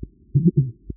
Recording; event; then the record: neck accelerometer signal played as sound; voluntary cough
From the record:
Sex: female